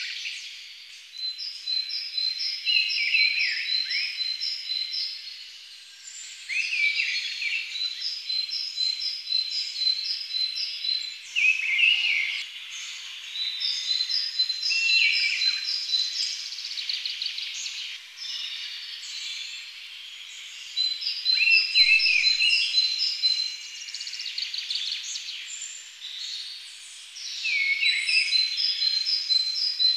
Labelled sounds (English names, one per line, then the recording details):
Mistle Thrush song
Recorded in the wild
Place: Kandel /Schwarzwald; Waldkirch, Baden-Württemberg, DE
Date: 2011-04-07
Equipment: MiniDisc Sharp MT 20 H
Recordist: Schwarz, Dieter